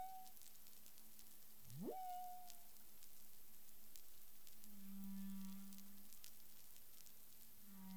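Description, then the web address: Humpback whale vocalizing: a sharp rising upsweep that levels off into a brief tone, followed by a long, flat low moan and the start of another. Recorded 13 February 2021 at 10:05 UTC. "CARIMAM. humpback whale 20210213 100528 UTC"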